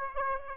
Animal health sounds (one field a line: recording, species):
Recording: mosquito wingbeat signal from an infrared sensor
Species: Aedes aegypti